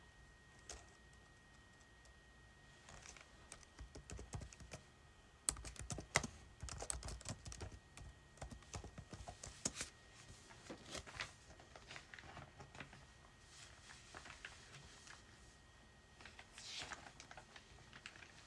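Typing on a keyboard, with clusters of quick, irregular clicks and taps running throughout. Bursts come in uneven flurries, busiest between about 5 and 11 seconds, with sharper knocks at around 5.5 and 6 seconds. A faint steady tone and a low hum sit underneath.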